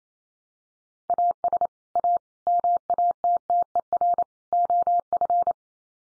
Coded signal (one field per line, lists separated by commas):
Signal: Morse code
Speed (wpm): 28 wpm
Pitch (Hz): 700 Hz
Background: none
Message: AS A MATTER OF